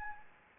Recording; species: mosquito wingbeat signal from an infrared sensor; Anopheles gambiae